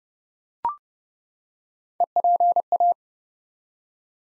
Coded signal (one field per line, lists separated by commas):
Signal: Morse code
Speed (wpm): 30 wpm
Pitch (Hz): 700 Hz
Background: none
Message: EPA